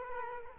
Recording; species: mosquito wingbeat signal from an infrared sensor; Culex quinquefasciatus